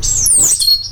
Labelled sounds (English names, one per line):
Stitchbird song